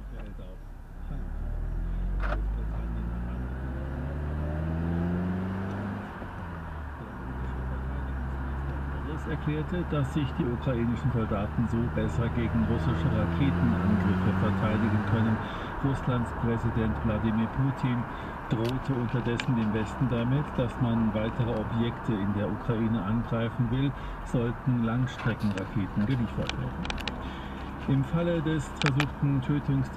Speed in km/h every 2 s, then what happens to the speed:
13, 21, 32, 36, 40, 43, 47, 58, 59, 53, 51, 47, 39, 38, 39.
0-14 speeds up to 58. 17-24 slows to 39. 24-30 steady at about 39.